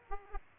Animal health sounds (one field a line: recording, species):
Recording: mosquito wingbeat signal from an infrared sensor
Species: Aedes aegypti